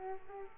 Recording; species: mosquito wingbeat signal from an infrared sensor; Aedes aegypti